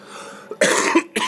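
An adult gives two short, harsh coughs, the first longer and the second a brief follow-up burst, against quiet room background. It is an ordinary mild cough, following a bit of a cold over the last few days.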